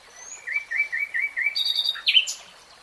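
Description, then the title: Nightingale song: a run of repeated short notes, then buzzy trills and sharp high chirps, with a softer whistled note at the start. Nightingale singing, recorded in real time. "[Tiếng chim hót] 3 Hours REALTIME Nightingale Singing"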